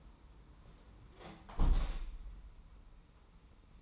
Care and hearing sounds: daily activity, microphone in the room; close window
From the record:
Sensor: 1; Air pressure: 991.2 hPa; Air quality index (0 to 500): 112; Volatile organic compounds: 121 ppm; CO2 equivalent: 3881 ppm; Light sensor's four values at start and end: 38/118/47/48 and 37/117/46/48

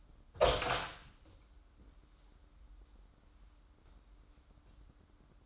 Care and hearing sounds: daily activity, microphone in the room; open door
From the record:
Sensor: 3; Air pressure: 994.4 hPa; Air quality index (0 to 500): 202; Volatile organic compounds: 1000 ppm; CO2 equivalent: 6771 ppm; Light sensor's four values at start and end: 126/300/124/118 and 124/293/121/115

